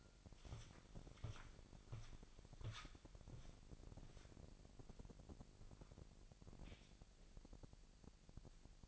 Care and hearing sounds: daily activity, microphone in the room; walk to room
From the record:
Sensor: 5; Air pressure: 1002.1 hPa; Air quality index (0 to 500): 249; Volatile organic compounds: 8 ppm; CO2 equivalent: 2063 ppm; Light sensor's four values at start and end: 29/65/27/29 and 27/65/26/28

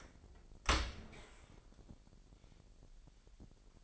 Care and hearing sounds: daily activity, microphone in the room; open dishwasher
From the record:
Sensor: 5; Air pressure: 1000.6 hPa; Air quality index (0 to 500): 249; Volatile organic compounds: 35 ppm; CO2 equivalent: 3057 ppm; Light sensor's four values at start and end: 31/70/28/26 and 31/71/28/27

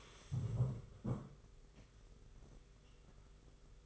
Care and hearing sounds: daily activity, microphone in the room; stand up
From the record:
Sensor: 4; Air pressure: 991.4 hPa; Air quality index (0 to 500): 139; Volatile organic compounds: 60 ppm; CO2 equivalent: 3417 ppm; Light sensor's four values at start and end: 23/75/28/29 and 23/75/28/29

